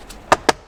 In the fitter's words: And then the top will just click into place.